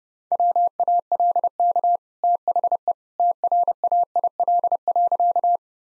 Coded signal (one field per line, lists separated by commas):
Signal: Morse code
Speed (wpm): 30 wpm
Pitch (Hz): 700 Hz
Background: none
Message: WALK THE TRAIL.